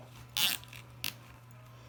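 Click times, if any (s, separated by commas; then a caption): 0.4 s, 1.0 s. A flower fastener, likely a zip tie, is ratcheted tight to fasten a daffodil flower onto a wreath board while building a daffodil wreath. A rasping, zip-like ratchet burst begins at 0.4 s and a shorter quick click cluster comes at 1.0 s, over a steady low hum. The fastener is locked onto the board.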